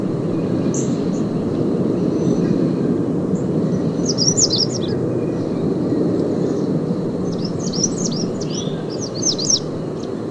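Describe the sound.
American redstart producing bursts of high, sharp chips, one cluster midway and a denser run toward the end, with loud low rumble throughout.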